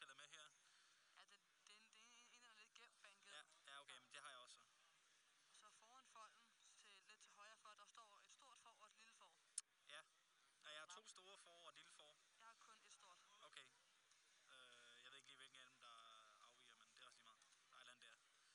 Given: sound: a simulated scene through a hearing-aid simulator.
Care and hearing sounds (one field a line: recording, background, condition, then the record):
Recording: conversation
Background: quiet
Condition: 55 dB SPL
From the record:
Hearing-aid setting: I (fast-acting compression, audibility-based gain)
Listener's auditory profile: A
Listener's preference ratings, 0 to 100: 25, 28, 21